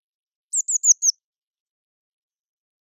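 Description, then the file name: Eurasian blue tit calling: a quick burst of four very high, thin, down-slurred notes, then silence, with one more note clipped at the end. "Cyanistes caeruleus"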